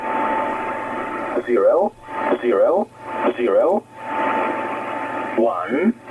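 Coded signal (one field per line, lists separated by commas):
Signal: numbers station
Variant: E07 English Man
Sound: a radio voice reading short, evenly spaced words, with a faint steady tone and hum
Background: radio static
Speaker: acabamos con la eco07 de englishman escuchada en 12.166 kilohercios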